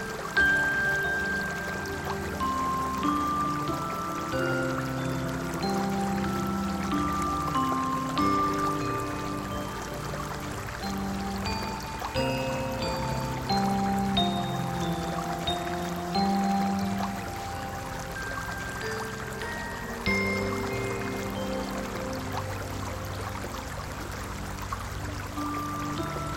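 A stream flows beneath a bridge in a forest, a steady pour of water with bright gurgling ripples and a deep low rumble throughout.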